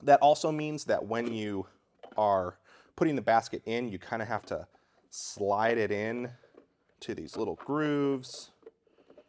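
Someone talks while the plastic brew basket of a Technivorm Moccamaster KBGV Select drip coffee maker is being handled for sliding into its little guide grooves under the lid. A few faint, short ticks occur near the end, around 8.7, 9.1, 9.2 and 9.3 seconds. Nothing has seated or clicked into place yet.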